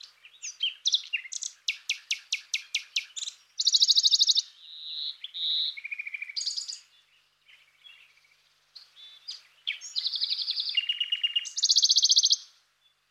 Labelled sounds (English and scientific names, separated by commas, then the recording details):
Western Bonelli's Warbler (Phylloscopus bonelli) song
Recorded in the wild
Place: St. Laurent des Arbres und Umgebung, FR
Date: 2006-04-25
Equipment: MiniDisc Sharp MT 20 H
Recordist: Schwarz, Dieter
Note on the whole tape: Song